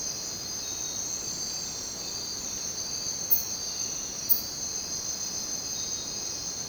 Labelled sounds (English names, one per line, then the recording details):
none
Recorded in dense forest near Puerto Asís, Putumayo, Colombia, on 22 June 2025 at 04:00
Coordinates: 0.484, -76.317
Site G045